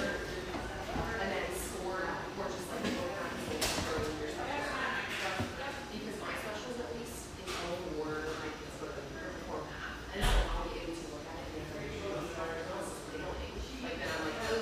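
A busy espresso-bar hum of many overlapping voices talking at once, steady and dense throughout. Frequent bright clinks and clacks, like cups and dishes, break through the chatter, with a louder thump just past the ten-second mark.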